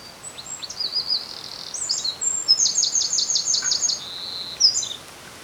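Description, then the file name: Eurasian wren singing a rapid, high-pitched run of sharp notes and fast rattling trills, shifting between pitches over several seconds, over a steady hiss of background noise. "Troglodytes troglodytes"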